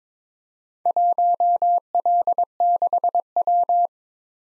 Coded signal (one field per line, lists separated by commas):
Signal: Morse code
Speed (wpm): 23 wpm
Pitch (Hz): 700 Hz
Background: none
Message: 1L6W